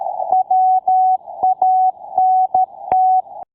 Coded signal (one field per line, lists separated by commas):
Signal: Morse code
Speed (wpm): 13 wpm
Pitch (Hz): 750 Hz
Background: none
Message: WANT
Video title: Psalm 23:1 Morse Code Sound Effect 4298